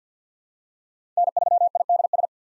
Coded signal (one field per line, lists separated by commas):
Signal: Morse code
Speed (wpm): 46 wpm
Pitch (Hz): 700 Hz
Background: none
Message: N3IDS